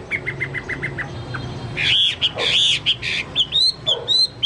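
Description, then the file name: Chinese hwamei song: a run of short repeated notes, then loud, harsh, broken phrases with sharp rising whistles toward the end. "hwamei-2-omkicau"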